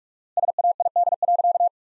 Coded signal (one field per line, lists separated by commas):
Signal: Morse code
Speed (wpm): 42 wpm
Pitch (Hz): 700 Hz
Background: none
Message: SAID.